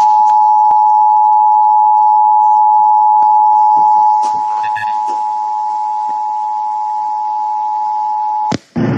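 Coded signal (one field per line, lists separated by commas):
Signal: Emergency Alert System (SAME) tones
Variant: 853 and 960 Hz attention tone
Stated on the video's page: Required monthly test for New Jersey broadcast on an FM radio station and recorded off air.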